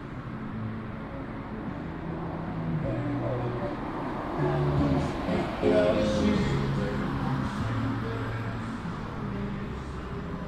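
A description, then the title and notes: Outdoor ambience along a beachside promenade near bars, with a steady mix of overlapping voices and passing traffic. Bits of music or tonal sounds drift through, and a vehicle swells around the middle before the busy bustle settles back. Malecón – Puerto Plata, Dominican Republic (Binaural Field Recording). I left Long Beach and walked to the Malecón. I found a shady spot near the beachside bars and chiringuitos.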